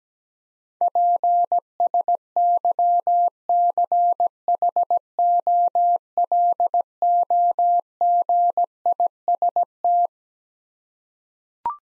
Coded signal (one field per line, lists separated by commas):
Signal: Morse code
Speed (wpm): 17 wpm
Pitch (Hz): 700 Hz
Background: none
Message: PSYCHOLOGIST